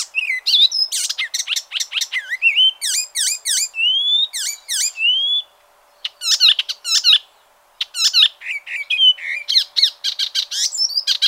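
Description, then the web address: Bird calls in quick varied bursts: sharp V-shaped chirps, upslurred whistles and short trills, crowded together with two brief pauses near six and eight seconds. "ornitologiya slovar Ptichki"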